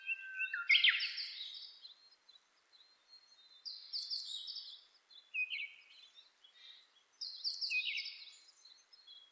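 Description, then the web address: Japanese thrush song in three bursts roughly every three seconds, each a rich mix of fluty whistles and quick twittering notes, with quiet pauses between. Recorded on 26 April 2006. "2006 060426 kurotugumi"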